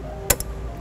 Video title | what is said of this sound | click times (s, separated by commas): 2019 Kia Sorento Trailer Hitch Installation | There's our click. | 0.3 s